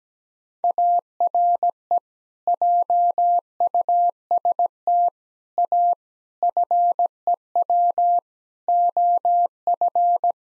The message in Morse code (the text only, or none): ARE JUST A FEW OF